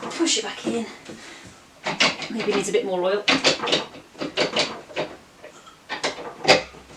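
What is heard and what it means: After oiling, a mechanism part of a piece of working equipment used for typing is pushed back into its housing while someone talks, with scattered handling knocks and rubs and a sharper hit near 5.0 s. The part has not seated or clicked into place yet by the end of the clip.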